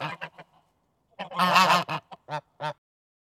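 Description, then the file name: Goose: geese give a few short nasal honks, then a harsher overlapping burst, followed by three separate single honks. Geese outdoors. "Digiffects Sound Effects Library - Geese Outdoors Version 3"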